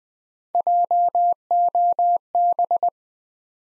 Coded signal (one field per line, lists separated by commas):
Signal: Morse code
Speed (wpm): 20 wpm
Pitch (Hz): 700 Hz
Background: none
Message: JOB